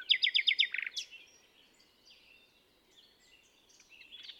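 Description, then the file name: Common nightingale song: a short burst of loud repeated notes and a whip-like upsweep in the first second, then quieter soft phrases. "Luscinia megarhynchos"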